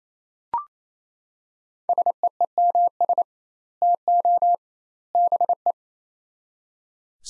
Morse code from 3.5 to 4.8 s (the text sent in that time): TO